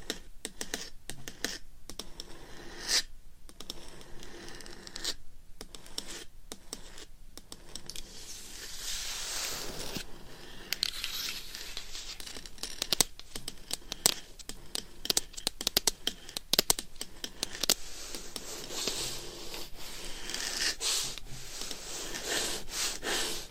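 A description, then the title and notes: Claws scratch and tap against a microphone in an irregular, busy stream of sharp clicks and rasping scrapes, with brief gaps between bursts. Denser, brighter scratching fills stretches around 8–10 seconds and again after 18 seconds, sounding like crinkling or tearing. ASMR Binaural Mic Scratching & Tapping with Claws.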